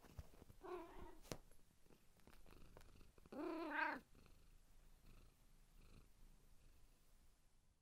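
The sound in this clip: Cat meowing twice, a short meow early and a longer wavering one near the middle, with soft purring and small rustling sounds between them.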